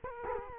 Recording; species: mosquito wingbeat signal from an infrared sensor; Culex quinquefasciatus